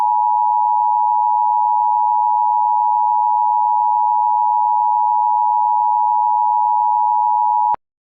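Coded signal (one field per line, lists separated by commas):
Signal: Emergency Alert System (SAME) tones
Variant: 853 and 960 Hz attention tone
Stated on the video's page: Simulated EAS mock alert for a fire.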